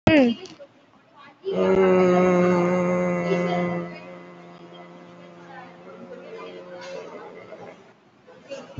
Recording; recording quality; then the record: sustained vowel as in made; excellent, no background noise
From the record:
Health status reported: COVID-19 positive, moderate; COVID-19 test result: positive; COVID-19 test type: RT-PCR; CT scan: taken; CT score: 5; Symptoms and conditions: cough, cold, breathing difficulty, sore throat, fatigue, muscle pain, loss of smell and taste, asthma, hypertension, diabetes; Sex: female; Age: 69 years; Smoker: no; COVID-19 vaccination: one dose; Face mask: worn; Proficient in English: yes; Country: India